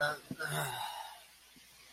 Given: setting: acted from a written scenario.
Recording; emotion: vocal sound without words; guilt